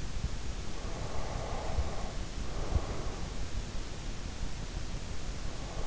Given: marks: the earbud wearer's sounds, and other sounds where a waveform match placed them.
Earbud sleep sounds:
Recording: sounds in sleep by an in-ear microphone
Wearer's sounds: breath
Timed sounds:
0.42-3.82 s: breath
2.70-3.30 s: sound from someone else or the room

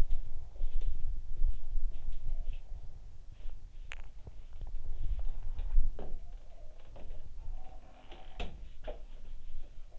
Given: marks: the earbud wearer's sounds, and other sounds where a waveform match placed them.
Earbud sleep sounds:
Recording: sounds in sleep by an in-ear microphone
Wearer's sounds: body movement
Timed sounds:
0.00-5.76 s: body movement
5.77-9.99 s: sound from someone else or the room

